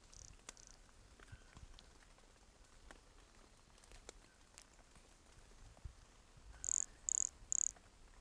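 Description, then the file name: Brachycephalus sulfuratus gives three brief, very high notes in quick succession toward the end over a soft hissing background. Recorded at Entroncamento, Teba, in January 2020, 20 cm from the microphone. "Brachycephalus sulfuratus Entroncamento Teba 20 cm from microphone LFR JAN-2020"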